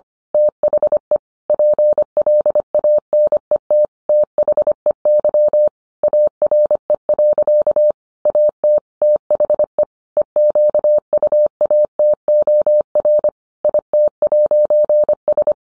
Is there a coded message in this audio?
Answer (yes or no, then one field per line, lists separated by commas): yes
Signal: Morse code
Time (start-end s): 0.3-15.5 s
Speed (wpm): 25 wpm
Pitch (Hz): 600 Hz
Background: none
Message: THE PLANET THEY ARE. AT THE EQUATOR IT'S